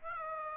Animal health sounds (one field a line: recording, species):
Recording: mosquito wingbeat signal from an infrared sensor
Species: Aedes aegypti